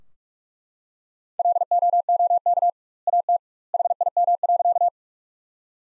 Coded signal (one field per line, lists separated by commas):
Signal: Morse code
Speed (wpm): 43 wpm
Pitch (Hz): 700 Hz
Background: none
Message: LOOK AT HIM.